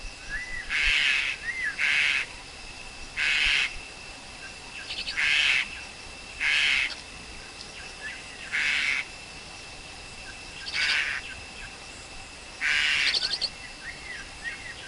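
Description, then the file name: Black-collared Starling giving loud, harsh, grating calls about every one to two seconds, with short rising squeaky notes between them. Wild forest bird's song, used for teaching young birds to sing. "Tieng chim ca cuong rung tap chim con hot"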